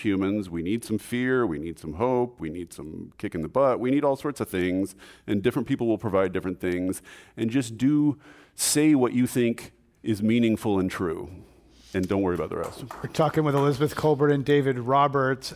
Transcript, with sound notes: We need some fear. We need some hope. We need some kick in the butt. We need all sorts of things and different people will provide different things. And just do say what you think is meaningful and true and don’t worry about the rest.
[Applause]
We’re talking with Elizabeth Kolbert and David Roberts.